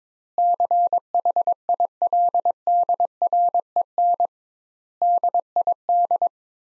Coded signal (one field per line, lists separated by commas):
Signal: Morse code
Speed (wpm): 22 wpm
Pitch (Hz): 700 Hz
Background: none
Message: CHILDREN DID